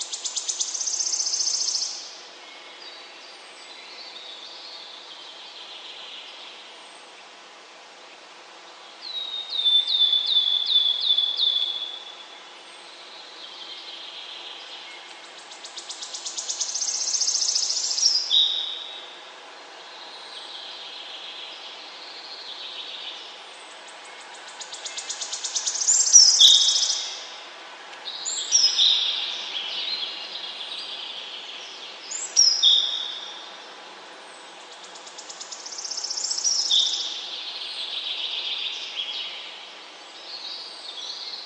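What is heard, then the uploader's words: Birds sing in repeated bright bursts every few seconds, with trills and chirps, over a steady soft hiss of waterfall underneath. The waterfall and the birds singing.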